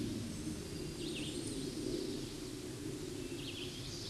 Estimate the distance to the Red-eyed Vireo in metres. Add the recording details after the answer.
about 30 m. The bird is about 10 m above the microphone. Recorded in a Pennsylvania forest on 16 May 2024 at 08:59. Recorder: AudioMoth, point MSD-1539. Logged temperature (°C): 16.0 °C. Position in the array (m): 149 m, 26 m